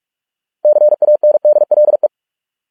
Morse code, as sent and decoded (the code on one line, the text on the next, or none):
-.-. .- -. -.. .-.. .
CANDLE